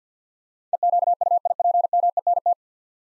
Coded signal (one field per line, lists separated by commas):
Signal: Morse code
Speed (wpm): 53 wpm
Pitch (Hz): 700 Hz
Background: none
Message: EQUIPMENT